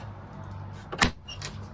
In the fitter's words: the other nice thing about Road trenches they give you actual latches so you push this button and then open the latch